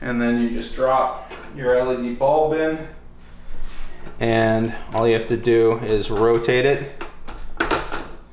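An LED tube is dropped into the popped-up, locked tombstone lamp holders of a T8/T12 fluorescent shop light converted to LED, then rotated until its pins lock. Someone talks throughout, and a short sharp snap is heard at 7.6 s as the tube seats, leaving it secure.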